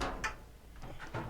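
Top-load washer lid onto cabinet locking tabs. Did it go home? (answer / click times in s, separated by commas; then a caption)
yes / 0.0 s. The top lid (cabinet top) of a Maytag PAV2300AWW top-load washer, under repair because water does not drain, is lowered with its metal shafts lined up through the holes and snapped down onto the two locking tabs. A sharp snap at 0.0 s is followed by fainter knocks and rustling through the rest of the clip. The lid is seated on the tabs.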